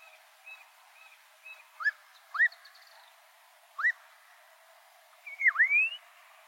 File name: Canto da noivinha coroada